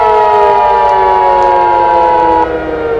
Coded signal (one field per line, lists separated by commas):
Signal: Emergency Alert System (SAME) tones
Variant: 853 and 960 Hz attention tone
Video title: EAS Scenario Nemesis